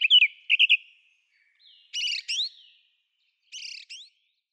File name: Grive musicienne